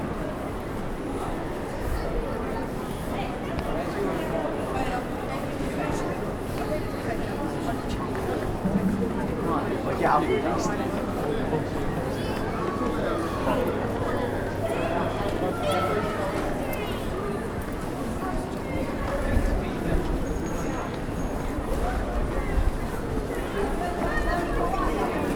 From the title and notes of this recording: Captured throughout a market in a high street. The market is packed with people. Many stalls fill the air with the smell of freshly cooked food. The street is decorated with Christmas lights.